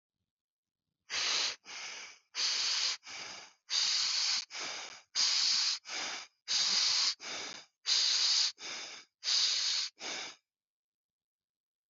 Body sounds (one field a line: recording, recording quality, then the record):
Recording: shallow breathing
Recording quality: excellent, no background noise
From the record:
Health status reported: healthy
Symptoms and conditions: diabetes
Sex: male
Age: 41 years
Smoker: yes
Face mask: not worn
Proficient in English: yes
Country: India